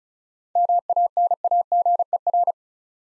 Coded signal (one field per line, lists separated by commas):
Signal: Morse code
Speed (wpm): 36 wpm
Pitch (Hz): 700 Hz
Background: none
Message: MANAGER